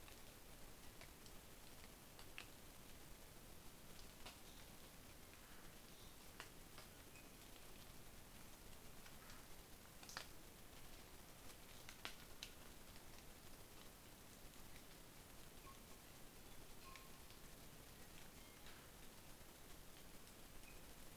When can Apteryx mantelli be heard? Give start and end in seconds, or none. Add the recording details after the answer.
none. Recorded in New Zealand on 21 November 2014. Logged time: 04:57. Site CL78